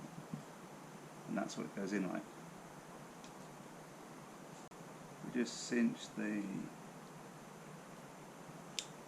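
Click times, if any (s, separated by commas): 8.8 s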